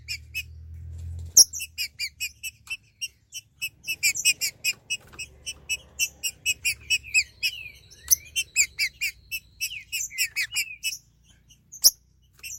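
Green-winged saltator song: rapid, repeated high notes in long bursts with some slurred whistles, a low hum at the start and a couple of sharp clicks.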